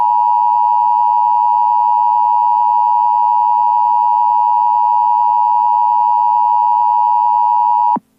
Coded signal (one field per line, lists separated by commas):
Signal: Emergency Alert System (SAME) tones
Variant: 853 and 960 Hz attention tone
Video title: Nintendo 64 EAS screen.